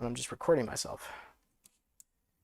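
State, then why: Seated. Someone talks for about the first 1.3 seconds. Then a RAM stick is pressed into a motherboard DIMM slot, and two short, sharp clicks are heard at 1.7 s and 2.0 s as the plastic retention latches snap shut. The memory module is seated.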